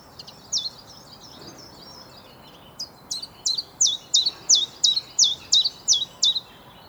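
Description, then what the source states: Common Chiffchaff song: faint high notes at first, then a steady series of loud, clipped chips, about three a second. Male song proclaiming territory and attracting females; one of the first summer migrants back to Britain, where it breeds, migrating to the Mediterranean or North Africa.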